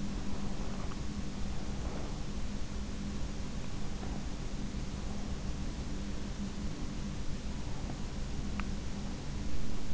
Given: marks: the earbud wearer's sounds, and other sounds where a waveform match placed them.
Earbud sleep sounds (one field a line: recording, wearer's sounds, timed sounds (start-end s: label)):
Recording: sounds in sleep by an in-ear microphone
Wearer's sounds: breath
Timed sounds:
0.00-2.63 s: breath